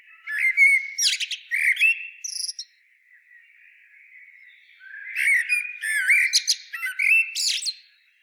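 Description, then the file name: Common blackbird song in two phrases, each opening with low mellow warbled notes and ending in squeaky high twitters, with a quiet pause between them. "Turdus merula"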